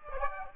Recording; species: mosquito wingbeat signal from an infrared sensor; Aedes aegypti